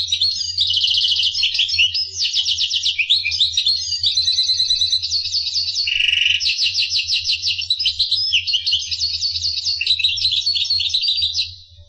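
Finch song: continuous high warbling with fast trills, buzzy notes and repeated chips running nearly twelve seconds without a break, over a low steady hum.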